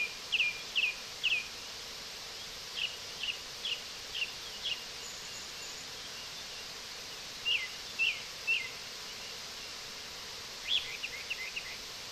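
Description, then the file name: Brown-headed thrush song: short phrases of a few high notes separated by pauses, the last phrase quicker and more rapid, over steady background hiss. "akahara"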